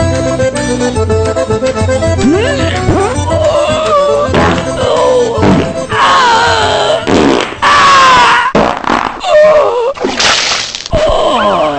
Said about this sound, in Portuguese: A cidade escureceu, a terra ficou tremendo e ainda hoje tá fedendo o peido que a doida deu.